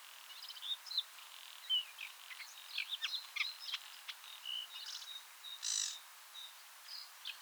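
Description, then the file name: Sedge warbler song, a fast, varied chatter of scratchy notes, clicks and short whistles running on without pause, over a steady hiss. Recorded 29 April 2017 in the Seine Estuary nature reserve, France. "Acrocephalus-schoenobaenus RNN-Estuaire-Seine 20170429"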